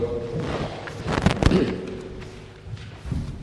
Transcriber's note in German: räuspert